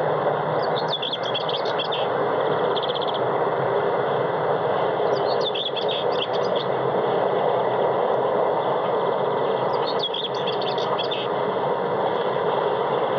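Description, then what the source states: Common whitethroat song: three brief scratchy warbling phrases spaced about four to five seconds apart, against loud, steady rumbling noise. Variant 7.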